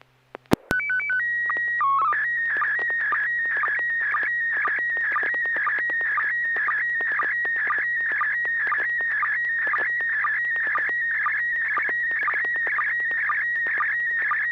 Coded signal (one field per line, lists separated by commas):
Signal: SSTV (slow-scan television)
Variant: PD 120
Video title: N6NA SSTV Net - 07/24/2024